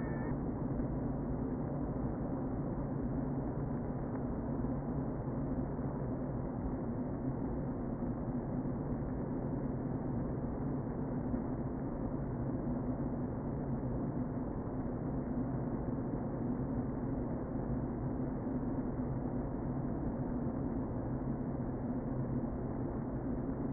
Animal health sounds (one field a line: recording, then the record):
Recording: honeybee colony, microphone inside the hive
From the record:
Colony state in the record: queen present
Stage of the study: before two queens were removed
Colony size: about 60,000 bees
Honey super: yes